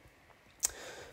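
A torque wrench set to 30 Nm tightens the oil drain plug into the engine sump of a Trafic 2, taking little force. Against a quiet background, a single short, sharp metallic click at 0.7 s marks the wrench reaching its setting, followed by a faint steady hiss. The plug is torqued to spec.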